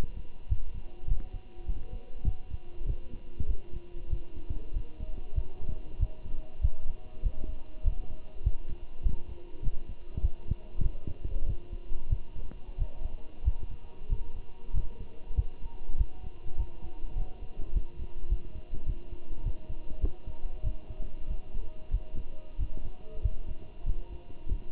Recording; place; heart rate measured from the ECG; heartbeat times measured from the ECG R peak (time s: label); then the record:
heart sounds by stethoscope; between the tricuspid and mitral areas; 98 bpm
0.49 s: heartbeat
1.08 s: heartbeat
1.67 s: heartbeat
2.25 s: heartbeat
2.87 s: heartbeat
3.48 s: heartbeat
4.11 s: heartbeat
4.74 s: heartbeat
5.36 s: heartbeat
6.00 s: heartbeat
6.62 s: heartbeat
7.23 s: heartbeat
7.85 s: heartbeat
8.44 s: heartbeat
9.03 s: heartbeat
9.63 s: heartbeat
10.22 s: heartbeat
10.83 s: heartbeat
11.47 s: heartbeat
12.10 s: heartbeat
12.79 s: heartbeat
13.45 s: heartbeat
14.10 s: heartbeat
14.74 s: heartbeat
15.36 s: heartbeat
15.98 s: heartbeat
16.58 s: heartbeat
17.17 s: heartbeat
17.74 s: heartbeat
18.30 s: heartbeat
18.86 s: heartbeat
19.44 s: heartbeat
20.02 s: heartbeat
20.64 s: heartbeat
21.28 s: heartbeat
21.92 s: heartbeat
22.59 s: heartbeat
23.22 s: heartbeat
23.86 s: heartbeat
24.49 s: heartbeat
From the record:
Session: walking at 3.7 km/h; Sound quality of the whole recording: good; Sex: male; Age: 23 years